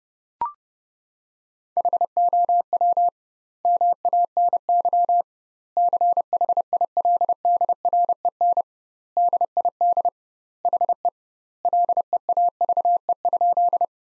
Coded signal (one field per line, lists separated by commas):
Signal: Morse code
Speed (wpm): 30 wpm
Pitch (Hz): 700 Hz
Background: none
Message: HOW MANY CHILDREN DID HE LEAVE?